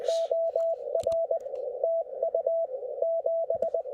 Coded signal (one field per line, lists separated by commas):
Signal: Morse code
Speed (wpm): 20 wpm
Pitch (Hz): 660 Hz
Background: radio noise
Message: OR TU 7